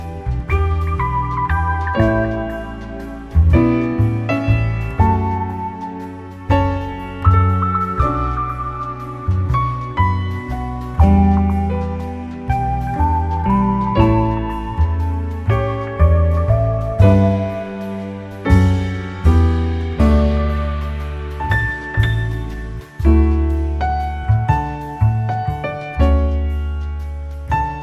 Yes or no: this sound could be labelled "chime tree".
no